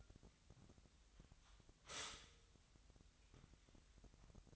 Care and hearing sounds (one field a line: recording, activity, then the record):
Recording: daily activity, microphone in the room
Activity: stop toaster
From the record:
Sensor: 3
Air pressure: 1001.9 hPa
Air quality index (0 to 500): 245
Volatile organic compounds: 48 ppm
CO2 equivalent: 3275 ppm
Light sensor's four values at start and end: 14/41/17/15 and 14/41/18/15